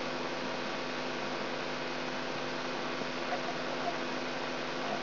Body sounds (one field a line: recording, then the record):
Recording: brain microelectrode recording played as sound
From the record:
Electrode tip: inside the subthalamic nucleus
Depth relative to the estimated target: 0 mm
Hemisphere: left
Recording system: AlphaMap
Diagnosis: Parkinson's disease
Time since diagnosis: 16 years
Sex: female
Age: 67 years